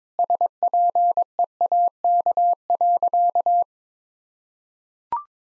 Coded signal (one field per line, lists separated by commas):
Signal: Morse code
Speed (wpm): 21 wpm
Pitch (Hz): 700 Hz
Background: none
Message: SPEAK.